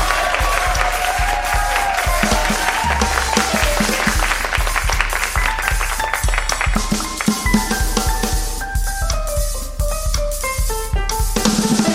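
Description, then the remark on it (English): A crowd claps steadily and unbroken for Alice on the keys, a dense wash of applause with some cheering, while keyboard music keeps playing underneath with a thumping low beat. “Come on, everybody. Give it up for Alice on the keys.”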